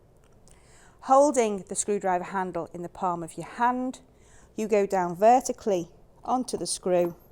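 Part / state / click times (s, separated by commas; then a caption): surgical screw onto screwdriver blade / not seated / none. With a Stryker CMF Universal 2 screwdriver (1.2 and 1.7 modules), the handle is held in the palm and the driver blade is pushed down vertically onto a small metal surgical screw, so the screw engages the blade in a friction fit. Two faint ticks come near 0.2 s and 0.5 s, then a woman talks through the rest of the clip. Nothing has seated or clicked yet.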